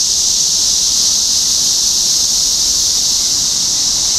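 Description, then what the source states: Short stretch of cicada song, a loud, unvarying high-pitched hiss with no breaks. Recorded in Topeka, Kansas, on 14 June 2015.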